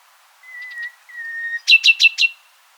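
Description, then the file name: Common nightingale song phrase: two steady whistled notes held level, then four loud, rapid, sharp notes in quick succession. "Luscinia megarhynchos"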